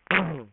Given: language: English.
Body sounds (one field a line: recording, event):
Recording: throat vibration sensor signal played as sound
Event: throat clearing